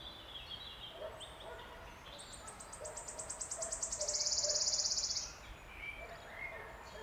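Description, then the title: Wood warbler song: a stuttering series of high ticks speeds up into a loud shivering trill lasting about a second, with other birds singing softly around it. Male singing from oak canopy in an ancient oak wood on a steep-sided wooded valley in South Wales, in May, just after the rain stopped. "Sound Escape 16: listen to the cascade of wood warbler song in an ancient oak wood"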